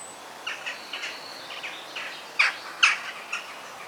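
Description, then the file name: Bird chirps come quickly in short notes, then two louder sharp notes, over a quiet hiss. Forest birds. "Sounds of the Forest - Bird Sounds"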